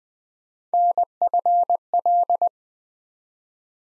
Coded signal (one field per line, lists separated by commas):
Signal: Morse code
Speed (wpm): 20 wpm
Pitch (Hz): 700 Hz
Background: none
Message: NFL